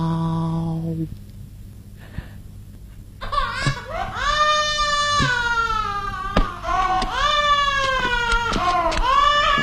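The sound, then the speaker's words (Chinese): A baby who will not sleep cries and fusses in loud, shrill wails, each rising then falling in pitch, repeating almost without pause after a brief low hum and a few seconds of near silence. “你这个孩子不睡觉，又是哭又是闹，急得爸爸直发烧”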